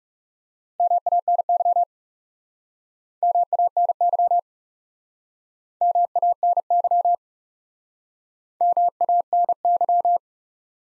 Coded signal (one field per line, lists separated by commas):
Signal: Morse code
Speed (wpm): 42 wpm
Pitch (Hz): 700 Hz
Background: none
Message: MANY MANY MANY MANY